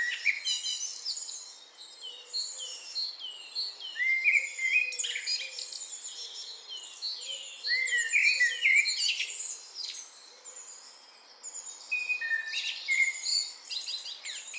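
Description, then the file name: Eurasian blackbird singing short mellow warbled phrases amid a busy chorus of high, chattering birdsong. "Turdus merula"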